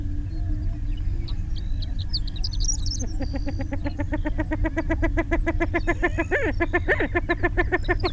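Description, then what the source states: Greater prairie chicken cackling: after a few seconds of faint squeaks, a rapid run of clipped, evenly spaced notes begins and keeps going, with steady low rumbling behind. Bird calling as it was flushed.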